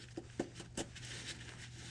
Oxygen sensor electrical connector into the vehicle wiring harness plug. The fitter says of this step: and then make sure it clicks there we go